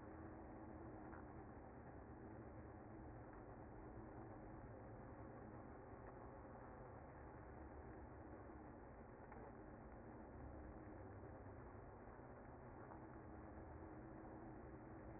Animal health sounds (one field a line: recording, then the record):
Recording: honeybee colony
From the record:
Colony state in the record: active